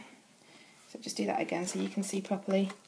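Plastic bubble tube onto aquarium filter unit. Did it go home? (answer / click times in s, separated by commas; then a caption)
no / none. A plastic bubble tube is handled against an aquarium filter unit while someone talks over the quiet background. Nothing has seated or clicked yet.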